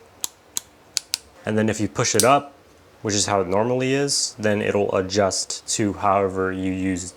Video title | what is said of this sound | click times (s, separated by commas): Manscaped Chairman Pro - Good For Barbers? | it into place and it has different angles you can hear the snapping | 0.2 s, 0.6 s, 1.0 s, 1.1 s